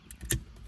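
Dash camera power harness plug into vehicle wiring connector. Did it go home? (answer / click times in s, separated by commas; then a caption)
yes / 0.3 s. The second harness plug on the power lead of a FITCAMX hidden dash camera in a Hyundai Elantra is pushed into its keyed mating connector on the vehicle wiring. After a few faint rustles and light taps, a single sharp plastic click lands at 0.3 s, and the connector is confirmed seated.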